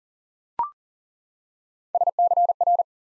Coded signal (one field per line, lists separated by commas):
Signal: Morse code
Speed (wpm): 39 wpm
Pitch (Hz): 700 Hz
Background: none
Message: SCR